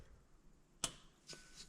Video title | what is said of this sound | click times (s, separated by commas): 71 Corvette Compression Test | You should have heard that click right there. | 0.8 s